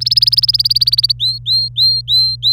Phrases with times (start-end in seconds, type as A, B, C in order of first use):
0.01-1.12 A, 1.20-2.53 B